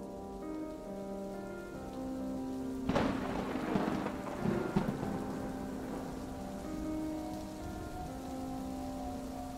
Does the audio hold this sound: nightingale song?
no